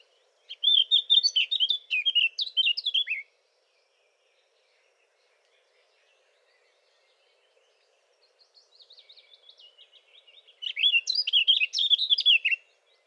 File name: Sylvia atricapilla